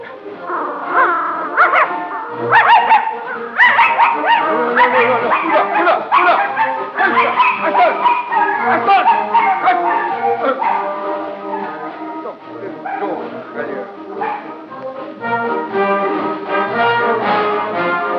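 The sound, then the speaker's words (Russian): Kashtanka, a young red dachshund-mongrel mix dog, barks and whimpers over and over, its yelps and whines tumbling together in a loud, nearly unbroken stream that lasts the whole stretch. “Каштанка — молодая рыжая собака, помесь таксы с дворняжкой.”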